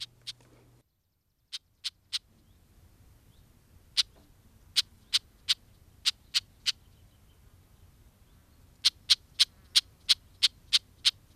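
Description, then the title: Red-backed Shrike giving sharp, dry clicks, scattered at first, then in evenly spaced runs, the last a run of about nine; a brief low hum at the start. Alarm clicks, which parents give constantly when someone comes near a nest with young. "Viikon luontoääni: Pikkulepinkäinen"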